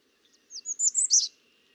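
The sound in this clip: American redstart song: a short, high, thin phrase of sweet notes climbing, then dropping at the end, given once.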